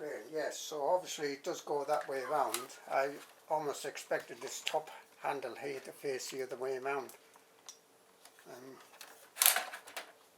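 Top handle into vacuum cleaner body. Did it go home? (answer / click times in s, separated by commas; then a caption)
no / none. A plastic top handle is pushed onto the body of a used Gtech AirRAM Mk2 vacuum cleaner, and it fails to lock. Someone talks for the first seven seconds, followed by a few short plastic knocks and rattles, the loudest at about 9.5 seconds. The handle has not seated or clicked into place yet.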